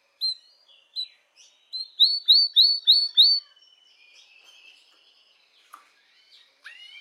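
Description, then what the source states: Canary singing spaced chirps that speed into a string of bright rising notes, then fade into soft twitters with a few sharp calls near the end. Belgian mosaic canary.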